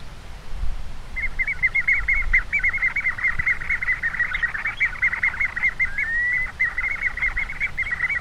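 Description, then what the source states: Piping Plover encounter calls: rapid stuttering series of short piping notes at a steady pitch, running for about seven seconds, with one slurred rising note near the end. Played recording of encounter calls given when plovers meet each other, probably a male and a female.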